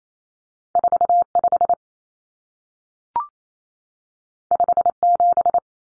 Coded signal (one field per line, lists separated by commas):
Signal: Morse code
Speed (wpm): 28 wpm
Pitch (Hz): 700 Hz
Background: none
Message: 45 57